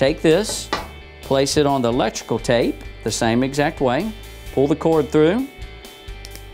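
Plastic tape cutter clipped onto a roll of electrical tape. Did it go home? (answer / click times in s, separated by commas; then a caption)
yes / 6.2 s, 6.4 s. A small plastic tape-cutter attachment is placed on a roll of electrical tape and the tape is pulled through, while someone talks over background music. It snaps onto the tape with two sharp clicks at 6.2 s and 6.3 s, seating it in place.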